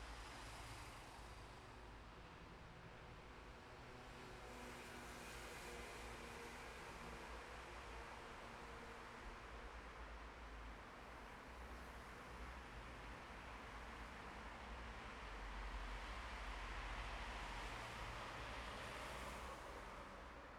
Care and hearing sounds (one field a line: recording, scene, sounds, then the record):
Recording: everyday scene through a hearing-aid microphone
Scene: in traffic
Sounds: traffic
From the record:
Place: bus stop on a city main road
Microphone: behind the ear, left, front